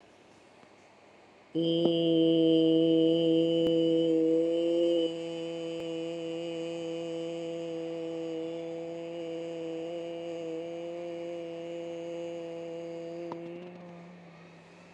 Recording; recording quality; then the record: sustained vowel as in made; excellent, no background noise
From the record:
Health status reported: recovered from COVID-19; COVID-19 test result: negative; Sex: female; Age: 57 years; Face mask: not worn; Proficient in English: yes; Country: India